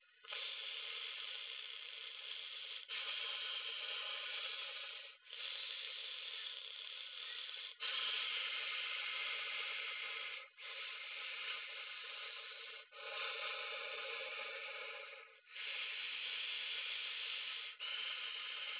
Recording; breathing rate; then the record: paced breathing near a phone; 12 breaths a minute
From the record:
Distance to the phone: 20 cm